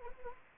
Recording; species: mosquito wingbeat signal from an infrared sensor; Anopheles arabiensis